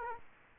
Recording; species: mosquito wingbeat signal from an infrared sensor; Culex quinquefasciatus